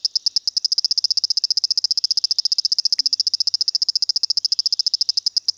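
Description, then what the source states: Dwarf swamp frog calling, a long fast train of sharp high clicking pulses, steady and unbroken throughout. Pseudopaludicola motorzinho, described as a new species.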